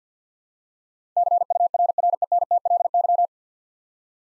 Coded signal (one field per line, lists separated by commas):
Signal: Morse code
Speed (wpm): 52 wpm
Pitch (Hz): 700 Hz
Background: none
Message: CURRENTLY